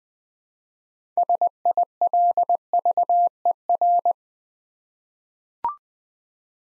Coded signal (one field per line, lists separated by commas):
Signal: Morse code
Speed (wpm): 20 wpm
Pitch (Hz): 700 Hz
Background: none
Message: SILVER